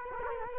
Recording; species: mosquito wingbeat signal from an infrared sensor; Culex quinquefasciatus